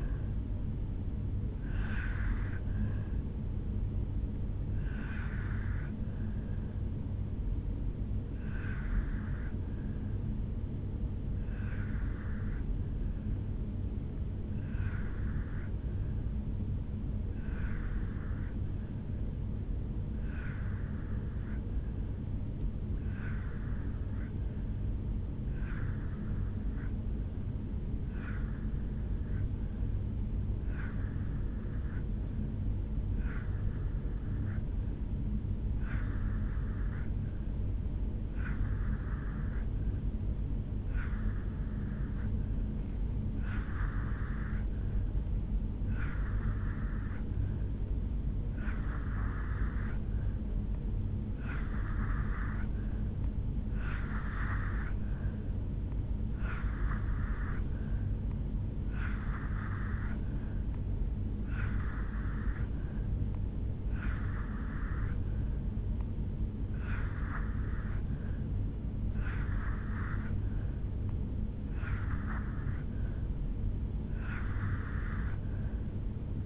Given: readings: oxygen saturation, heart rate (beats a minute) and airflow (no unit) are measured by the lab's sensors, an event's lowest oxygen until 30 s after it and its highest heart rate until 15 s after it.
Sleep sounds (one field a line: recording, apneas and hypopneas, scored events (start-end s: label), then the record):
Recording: breathing in sleep by a smartphone at the bedside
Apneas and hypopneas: 1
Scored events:
3.00-37.20 s: hypopnea (N2, oxygen 95% highest, then 84% lowest, heart rate 74 at the start, 74 highest)
49.00-76.46 s: new sleep stage, N3 (deep sleep)
From the record:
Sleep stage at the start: N2 (light sleep)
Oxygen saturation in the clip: 84 to 95%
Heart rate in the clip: 60 to 76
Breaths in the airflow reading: 20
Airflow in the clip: -1.3 to 2.8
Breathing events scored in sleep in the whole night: 449 in 7.0 hours asleep